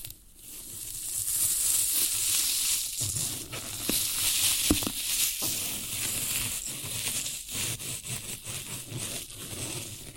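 Floral foam is pressed and crumbled in a steady run of crisp, crackling sounds, bright and fizzy like sizzling. Sharper snaps and crunches break through every second or so, especially from about three seconds on, over a soft low rumble.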